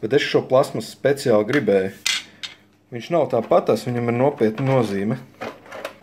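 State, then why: Not seated. Someone talks while handling a plastic accessory piece meant for a retro game console, with light plastic handling noises near the end. The piece has not yet been pushed into its slot, and nothing has seated or clicked yet.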